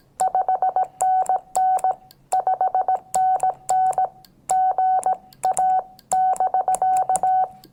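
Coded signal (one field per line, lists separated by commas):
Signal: Morse code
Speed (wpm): 18 wpm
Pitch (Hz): 750 Hz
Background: none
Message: 5NN 5NN GA <BK>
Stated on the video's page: 5 W QRP CW Parks on the Air activation from a Xiegu X6100 with an MFJ-1898 telescoping antenna, with cicadas audible.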